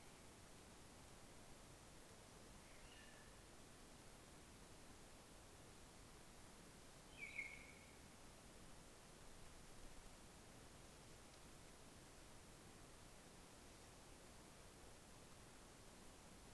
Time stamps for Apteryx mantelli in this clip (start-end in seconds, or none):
none